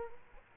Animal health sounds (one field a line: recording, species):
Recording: mosquito wingbeat signal from an infrared sensor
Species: Culex quinquefasciatus